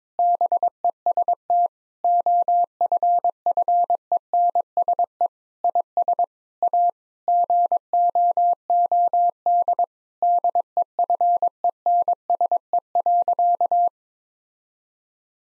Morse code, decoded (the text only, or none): BEST OFFENSE IS A GOOD DEFENSE.